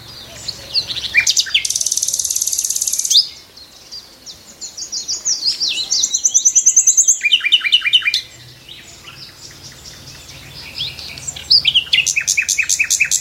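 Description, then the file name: Common nightingale singing loud varied phrases, with a harsh buzzy burst, rapid repeated chattering notes and rattling trills, separated by short pauses. "Nachtegaal"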